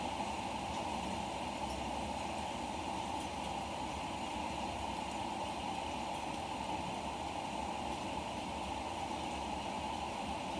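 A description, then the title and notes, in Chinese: A rain shower falls in a dense, steady hiss, with no break or easing across the eleven seconds. The sound is full, with a low rumbling undertone and a bright wash above it, holding one level throughout with no distinct drops or other events standing out. 这场阵雨到雨停的过程。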